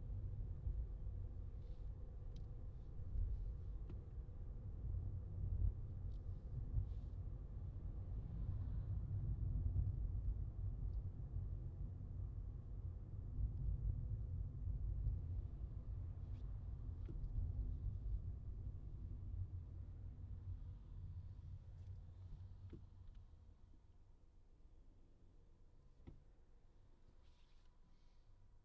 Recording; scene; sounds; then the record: everyday scene through a hearing-aid microphone; in a vehicle; engine, highway traffic jam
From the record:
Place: Skoda Fabia, gasoline engine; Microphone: in the ear canal, left